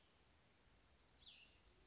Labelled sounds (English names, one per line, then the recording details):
Cassin's Vireo
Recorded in Sonoma County, California